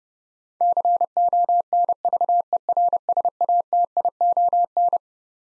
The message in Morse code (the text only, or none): CONVERSATION